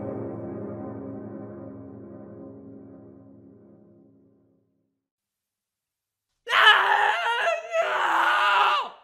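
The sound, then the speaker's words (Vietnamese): A low, droning moan slowly fades into silence, then a man's loud, harsh scream bursts out at around 2 a.m., strained and high-pitched, breaking briefly before continuing to the end. “Tiếng hét của bố tôi vang lên vào khoảng 2 giờ đêm.”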